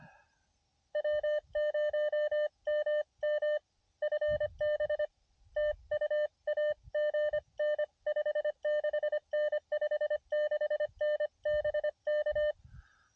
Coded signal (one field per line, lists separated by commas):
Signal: Morse code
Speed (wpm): 24 wpm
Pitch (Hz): 600 Hz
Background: none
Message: W0MM FB TU AGN 56N 56N BK